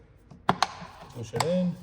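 A plastic cabin filter cover on a BMW X5 is pushed into its filter housing to seat it correctly. Two sharp clicks sound at 0.5 s and 0.6 s, and the cover is seated. Someone talks afterward.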